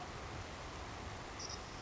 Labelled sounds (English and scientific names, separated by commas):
Savannah Sparrow (Passerculus sandwichensis)